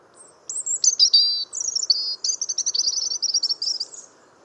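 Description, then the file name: European robin song: a high, sweet phrase opening with thin whistles, then slurred notes and a rapid twittering trill that runs on for about two seconds. "Erithacus rubecula"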